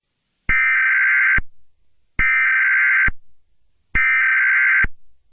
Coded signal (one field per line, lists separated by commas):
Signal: Emergency Alert System (SAME) tones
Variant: header bursts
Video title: Hazbin Hotel - An EAS Scenario